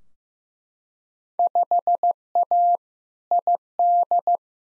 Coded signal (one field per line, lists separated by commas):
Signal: Morse code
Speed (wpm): 15 wpm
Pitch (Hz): 700 Hz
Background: none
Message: 5A ID